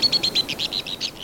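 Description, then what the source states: White-throated Swift, shrill twittering trill: quick sharp notes in a rapid, slightly uneven series, fading a little toward the end. Western canyons.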